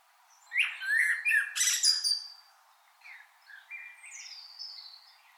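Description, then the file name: Common blackbird song: a loud fluty warble ending in a high scratchy flourish, followed by quieter whistled notes and a thin high note. "Turdus merula"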